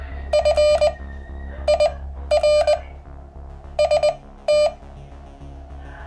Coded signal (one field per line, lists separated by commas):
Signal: Morse code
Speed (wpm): 19 wpm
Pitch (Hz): 600 Hz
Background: none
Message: FIRST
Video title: How to build a QCX Mini - Part 9 - Case Fitment, POWER, QSOs